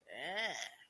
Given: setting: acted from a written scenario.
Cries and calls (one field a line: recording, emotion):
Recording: vocal sound without words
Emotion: disgust